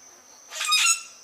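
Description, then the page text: Common grackle delivering one loud, grating squawk that broadens and brightens midway, over a constant thin high-pitched tone. "Обыкновенный гракл - Common Grackle (Quiscalus quiscula)"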